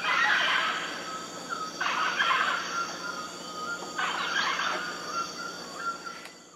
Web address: Natures Songs S America Eastern Lowlands Mealy Amazon